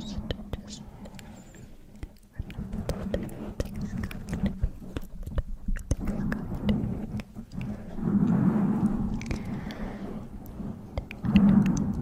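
Mic scratching and soft tongue clicks fill the twelve seconds, with a low steady hum underneath. Sharp clicks and rubbing sounds come irregularly and often, with a brief quieter gap near two seconds. Louder, denser swells arrive around eight and eleven seconds.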